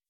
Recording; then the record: hydrophone in a shrimp aquaculture tank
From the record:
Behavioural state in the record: weakened